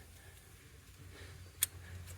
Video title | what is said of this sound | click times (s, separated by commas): Vacuum Pump replacement - 2016 Chevy Silverado - | push down you'll hear it click and then it'll just pull out of the way | 1.6 s